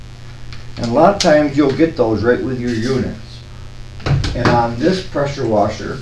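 Someone talks while handling a spray nozzle tip at the quick-connect coupler on a pressure washer wand, with a few brief handling knocks around 4.1 and 4.2 seconds. The tip has not yet been pushed into the coupler, so nothing has seated or clicked yet.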